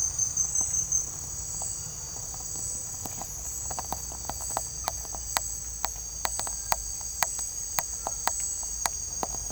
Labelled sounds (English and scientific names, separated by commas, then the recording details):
none
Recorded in secondary vegetation near Puerto Asís, Putumayo, Colombia, on 21 December 2024 at 17:30
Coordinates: 0.484, -76.319
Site GP06